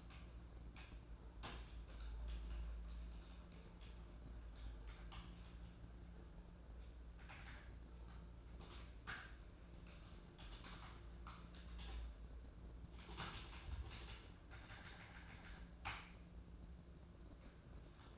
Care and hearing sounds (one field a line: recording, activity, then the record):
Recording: daily activity, microphone in the room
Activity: typing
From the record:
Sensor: 2